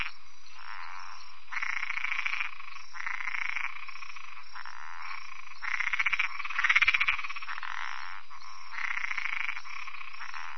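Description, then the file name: Spot-legged treefrog giving rattling pulsed calls, bursts of quick pulses at irregular intervals, one burst louder than the rest. "Boana albopunctata"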